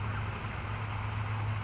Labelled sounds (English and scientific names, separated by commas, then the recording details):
California Towhee (Melozone crissalis)
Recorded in Sonoma County, California